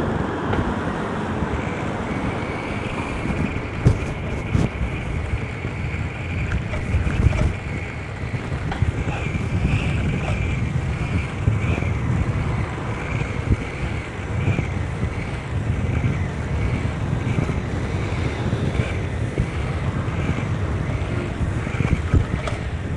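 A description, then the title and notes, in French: A few minutes of cycling through the streets of Bordeaux: a steady, dense low rumble of wind and rolling wheels runs throughout. A faint high squeak or whine repeats at regular intervals, and brief sharp clicks or rattles occur around five to eight seconds. Vélocypédie nocturnale. Janvier 2009, quelques minutes de vélo dans les rues de Bordeaux.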